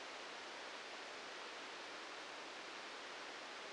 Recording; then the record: brain microelectrode recording played as sound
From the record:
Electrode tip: outside the subthalamic nucleus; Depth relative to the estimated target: 1 mm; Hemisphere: left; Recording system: NeuroSet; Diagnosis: Parkinson's disease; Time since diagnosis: 10 years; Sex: male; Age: 56 years